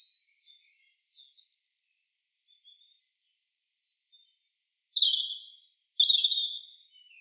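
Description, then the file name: European robin, soft thin high notes at first, then a louder phrase of bright jumbled trills and twitters near the end. "Erithacus rubecula"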